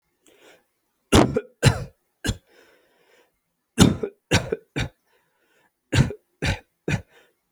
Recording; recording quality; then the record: shallow voluntary cough; excellent, no background noise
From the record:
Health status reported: healthy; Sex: male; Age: 25 years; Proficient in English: yes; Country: India